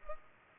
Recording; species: mosquito wingbeat signal from an infrared sensor; Culex pipiens